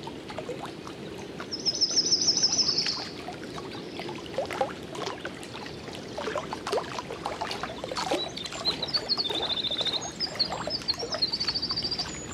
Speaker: To the left, there's a winter wren singing. Listen for its long series of jumbled notes. There.